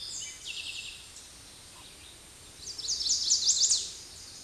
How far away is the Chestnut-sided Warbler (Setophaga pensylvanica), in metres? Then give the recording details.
about 15 m. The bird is about level with the microphone. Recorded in a Pennsylvania forest on 16 May 2024 at 09:58. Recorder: AudioMoth, point MSD-0627. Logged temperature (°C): 14.8 °C. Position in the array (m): 110 m, -12 m